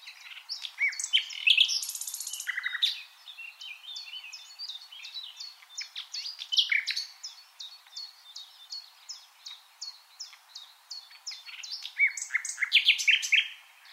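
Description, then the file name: Common nightingale song, with bursts of chirps and rattles at the start, middle and end, and a steady series of thin, repeated high notes throughout. "Luscinia megarhynchos"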